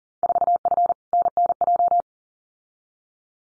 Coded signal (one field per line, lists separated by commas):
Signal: Morse code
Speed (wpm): 38 wpm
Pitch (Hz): 700 Hz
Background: none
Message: 4F NNJ